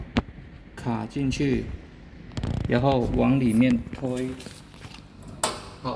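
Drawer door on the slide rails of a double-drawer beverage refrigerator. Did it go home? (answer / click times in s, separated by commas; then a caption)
yes / 5.4 s. Someone talks while the drawer door of a double-drawer beverage refrigerator is hooked onto the slide rails on both sides and pushed inward, with a sharp tap near 0.2 s and a few light knocks around 2.4 s. At 5.4 s a loud, short click sounds as the door snaps into its mount, showing it is seated, and it is then pushed further in.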